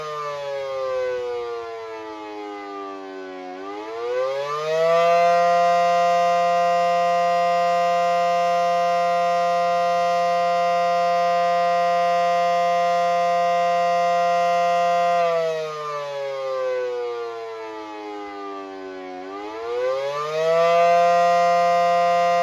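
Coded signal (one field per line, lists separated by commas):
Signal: siren signal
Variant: Federal Signal SD10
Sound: powerful mechanical siren wail, long steady pitch with slow falls and rises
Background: outdoor ambience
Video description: Siren signal attack for 5 minutes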